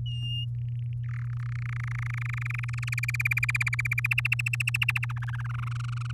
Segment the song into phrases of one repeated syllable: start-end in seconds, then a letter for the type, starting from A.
0.06-0.45 A, 0.55-0.93 B, 1.03-1.28 C, 1.30-2.94 D, 2.98-4.07 E, 4.11-5.05 F, 5.09-6.12 G